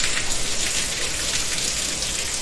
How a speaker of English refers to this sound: Ah, the pitter-patter, splitter-splatter of Sunday morning. Wait, no, that's bacon, and it's spitting all over your PJs.